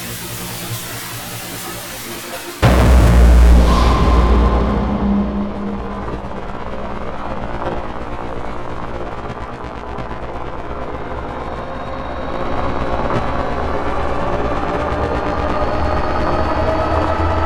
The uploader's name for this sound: Cinematic Trailer Sound Effects